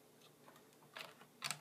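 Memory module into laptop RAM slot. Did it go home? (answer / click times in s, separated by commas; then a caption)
no / none. A laptop SO-DIMM memory stick is handled at the memory bay of a pre-Unibody black and white MacBook, ready to be pushed into its RAM slot. Faint ticks are followed by sharper plastic taps near 1.0 s and 1.5 s. The module has not seated or clicked into place yet.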